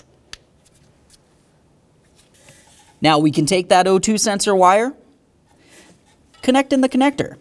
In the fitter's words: we'll put it into place and latch it in